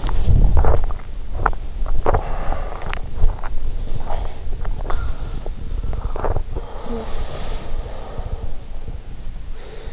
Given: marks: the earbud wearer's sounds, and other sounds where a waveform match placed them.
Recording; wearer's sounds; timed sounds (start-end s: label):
sounds in sleep by an in-ear microphone; body movement, swallowing
0.00-8.53 s: body movement
0.40-3.18 s: swallowing
3.93-5.74 s: swallowing